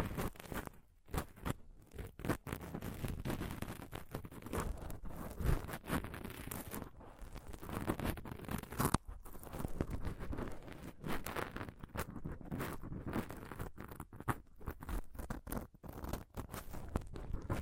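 Close-up scratching and touching on a microphone fills the whole stretch with dense, irregular rustles and scrapes, heaviest in the low end. Brief gaps break the texture often, and sharper knocks land around 1, 7 and 9 seconds.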